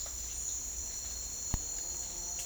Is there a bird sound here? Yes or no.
no